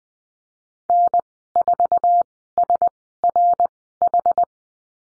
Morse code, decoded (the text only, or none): N4SRH